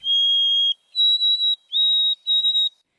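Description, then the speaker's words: White-throated Sparrow song: a long pure whistled note followed by three higher whistles, clear with no other sounds. Oversummering bird singing every morning in June and July at Maywood Park, Monona; clear pipe-like song carrying a block or more; species normally breeds farther north in forested areas. "Every morning, I'd hear its clear, pipe-like song."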